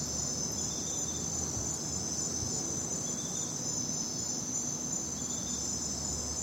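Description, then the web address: Crickets chirping in a dense, steady high trill that runs unbroken throughout, with a low rumble of background noise beneath. At night. "the sound pack tree. night crickets and birds"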